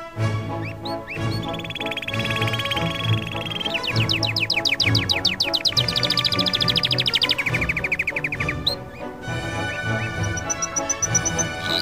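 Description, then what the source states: Canary song: varied rolling trills, some rapid and rattling, others higher and smoother, followed by high piping notes, with music continuing underneath. Canary song mixed with music.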